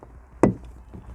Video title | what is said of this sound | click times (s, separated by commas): Mitsubishi 3000gt / GTO Interior Installation Pt 1 | and this simply pops into place | 0.4 s